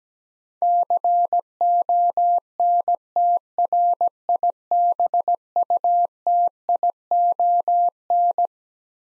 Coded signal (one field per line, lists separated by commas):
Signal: Morse code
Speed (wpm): 17 wpm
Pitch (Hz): 700 Hz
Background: none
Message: CONTRIBUTION